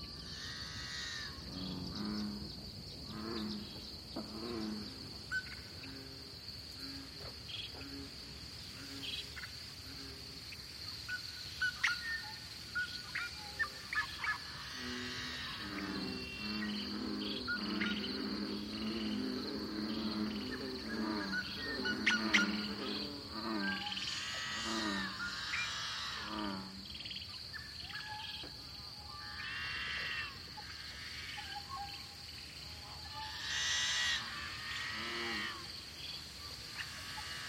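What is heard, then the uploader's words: A lively dawn chorus in a small coulee, with many birds calling over one another throughout. A steady high insect-like whine runs across the whole recording, while bursts of lower chattering calls and bright trills cluster between about fifteen and twenty-seven seconds. This lively dawn chorus was recorded in a small pothole coulee in Eastern Washington, one of the numerous Seep Lakes of the Channeled Scablands. This is the Columbia Plateau, a large basalt flow cut through by the Columbia River. This is a true Dawn chorus.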